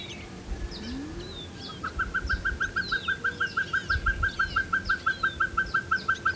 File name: Glaucidium peruanum - Pacific Pygmy Owl